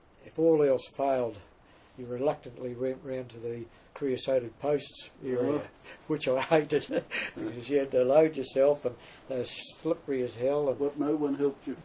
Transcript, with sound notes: If all else failed you reluctantly went round to the creosoted posts area, which I hated [chuckle] because you had to load yourself, and they were slippery as hell. What, no one helped you?